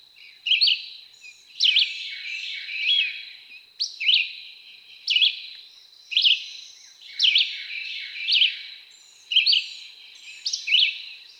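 Red-eyed Vireo singing short, varied whistled phrases in a regular rhythm, roughly every second, amid soft background noise and a high continuous tone.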